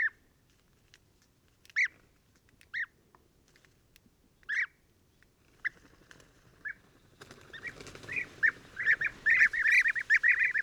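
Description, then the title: European bee-eaters, spaced single rolling calls at first, then a rising chorus of many overlapping calls in the last few seconds. Pre-migration roost gathering in a very large acacia, Oasis Mayateg, Adrar, Mauritania, 22 February 2019, recorded in the evening and at morning waking; Tlp7 and MixPre 3. "Dortoir de Guêpier d'Europe - Mauritanie"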